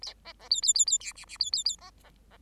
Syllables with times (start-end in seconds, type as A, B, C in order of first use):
0.24-0.33 A, 0.39-0.48 A, 0.50-0.61 B, 0.62-0.73 B, 0.74-0.85 B, 0.86-0.98 B, 1.00-1.13 C, 1.15-1.25 D, 1.27-1.37 D, 1.39-1.51 B, 1.52-1.64 B, 1.65-1.76 B, 1.78-1.90 A, 2.04-2.10 A, 2.31-2.37 A